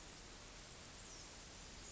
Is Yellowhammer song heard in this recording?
no